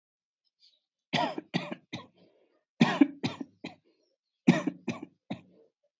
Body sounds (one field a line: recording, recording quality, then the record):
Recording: shallow voluntary cough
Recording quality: moderate, slight background noise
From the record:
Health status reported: healthy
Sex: male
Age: 25 years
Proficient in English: yes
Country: India